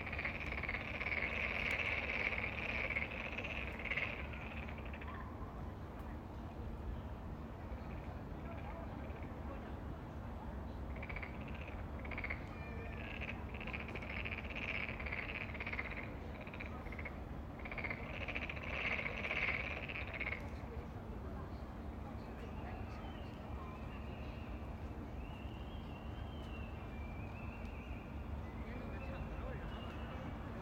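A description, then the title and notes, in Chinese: Frogs call in dense, bright pulsing choruses that swell near the start and again midway, over a steady low rumble and faint chirps. 仲夏蛙声。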